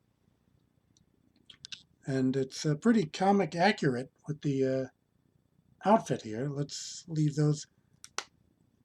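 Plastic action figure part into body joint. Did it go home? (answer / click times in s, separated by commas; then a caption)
yes / 8.0 s, 8.2 s. A plastic Build-A-Figure part from a Marvel Legends action figure is pressed into its body joint during assembly. Someone talks, then two sharp clicks at 8.0 and 8.2 seconds mark the part snapping into its socket, and it seats.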